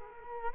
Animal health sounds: mosquito wingbeat signal from an infrared sensor; Culex quinquefasciatus

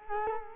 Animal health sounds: mosquito wingbeat signal from an infrared sensor; Culex quinquefasciatus

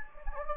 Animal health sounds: mosquito wingbeat signal from an infrared sensor; Anopheles gambiae

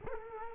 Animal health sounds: mosquito wingbeat signal from an infrared sensor; Culex quinquefasciatus

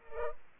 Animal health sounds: mosquito wingbeat signal from an infrared sensor; Culex pipiens

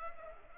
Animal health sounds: mosquito wingbeat signal from an infrared sensor; Culex pipiens

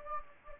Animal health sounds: mosquito wingbeat signal from an infrared sensor; Anopheles gambiae

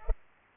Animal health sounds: mosquito wingbeat signal from an infrared sensor; Culex pipiens

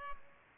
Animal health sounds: mosquito wingbeat signal from an infrared sensor; Culex pipiens

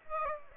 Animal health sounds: mosquito wingbeat signal from an infrared sensor; Aedes aegypti

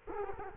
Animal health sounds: mosquito wingbeat signal from an infrared sensor; Culex quinquefasciatus

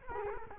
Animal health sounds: mosquito wingbeat signal from an infrared sensor; Culex quinquefasciatus

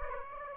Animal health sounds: mosquito wingbeat signal from an infrared sensor; Aedes aegypti

